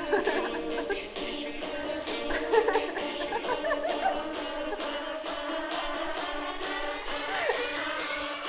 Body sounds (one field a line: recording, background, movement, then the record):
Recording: laughter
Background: music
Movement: sitting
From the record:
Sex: female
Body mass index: 18.3 kg/m2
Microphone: on the chest, facing outward